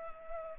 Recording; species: mosquito wingbeat signal from an infrared sensor; Culex pipiens